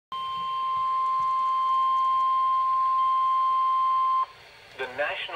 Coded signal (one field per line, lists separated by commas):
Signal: Emergency Alert System (SAME) tones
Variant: 1050 Hz attention tone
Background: speech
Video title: Severe Thunderstorm Watch #187 (EAS #1,656)